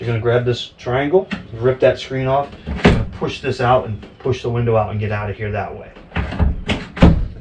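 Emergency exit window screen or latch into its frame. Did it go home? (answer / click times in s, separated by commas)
yes / 6.2 s, 6.7 s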